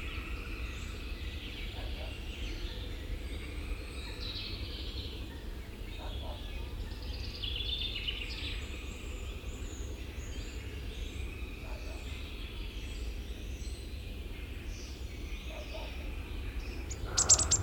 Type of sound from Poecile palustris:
song